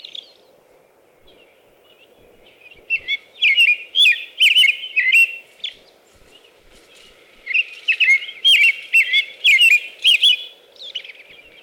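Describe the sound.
American robin song: two bursts of rich whistled caroling phrases mixed with thin high squeaky notes, separated by a pause, over a steady low hum.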